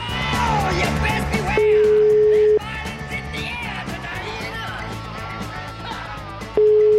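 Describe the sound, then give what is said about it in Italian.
A steady, mid-pitched telephone line tone from a faulty phone system, as a caller keeps calling in, sounds loudly for about a second, drops away, then cuts back in at the end, over a cluttered background of overlapping voices. “Sì, continua a chiamare perché l'impianto telefonico evidentemente non è a posto.”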